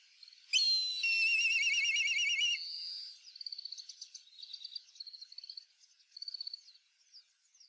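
Black kite calling with a high, trembling whistle that wavers up and down for two seconds, then a series of short thin chirps and trills.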